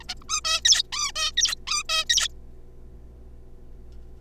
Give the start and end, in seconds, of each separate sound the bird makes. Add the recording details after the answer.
0.01-0.03, 0.09-0.14, 0.21-0.23, 0.29-0.41, 0.44-0.61, 0.65-0.82, 0.92-1.11, 1.16-1.32, 1.37-1.55, 1.67-1.83, 1.89-2.05, 2.10-2.28. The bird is a juvenile. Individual R3549